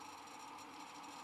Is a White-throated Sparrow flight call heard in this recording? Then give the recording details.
no. No flight call is heard. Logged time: 22:17 on 19 December 2014